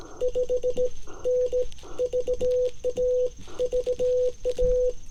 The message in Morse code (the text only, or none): 5N VA VA